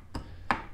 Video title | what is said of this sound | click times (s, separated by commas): Dewalt DCH172 Hammer Drill Tutorial and Bit Change | is just kind of wiggle it, push it down, and you'll hear it click into place. | 0.5 s